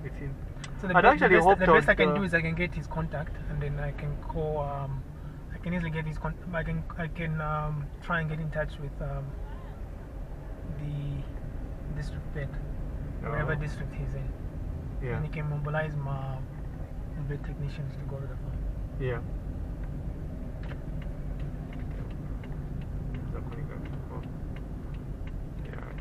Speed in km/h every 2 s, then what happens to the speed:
14, 13, 13, 11, 10, 12, 15, 16, 15, 18, 20, 21, 20.
0-8 steady at about 13. 8-21 speeds up to 21.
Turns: none.